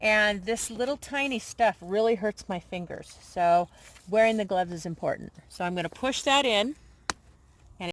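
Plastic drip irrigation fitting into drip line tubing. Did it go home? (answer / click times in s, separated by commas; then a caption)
yes / 7.1 s. Someone talks while pushing a small plastic drip irrigation fitting into drip line tubing by hand, wearing gloves for a better grip because the tiny parts hurt the fingers. A single sharp snap is heard at 7.1 s as the fitting seats in the tubing.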